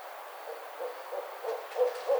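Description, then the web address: Barred owl giving soft, evenly spaced low hoots that gradually become louder toward the end. Recorded on 29 May 2009. "Barred Owl 2009 05 29 Barred Owl"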